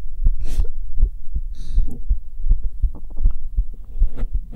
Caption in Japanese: 生肌心音。